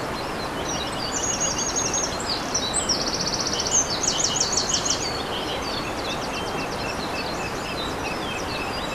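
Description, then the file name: Eurasian wren delivering a loud, rapid song of rattling trills and high twitters, strung together for several seconds over rushing stream noise. Recorded by a stream on 21 April 2015 using an MZ-N 710 recorder. "MZ-N 710 Troglodyte mignon ruisseau 21 04 15"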